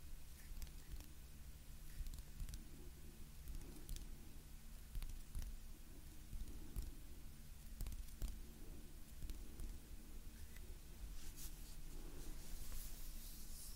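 Gentle hand movements rustle and brush softly over a steady low hum, with scattered light clicks and a brighter swishing stretch near the end.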